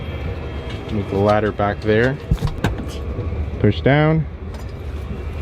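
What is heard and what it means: A fold-out table in a train compartment wall is being handled while someone talks, with a sharp knock at about 2.6 s over a steady low hum. The table has not yet locked into place; nothing has seated or clicked by the end of the clip.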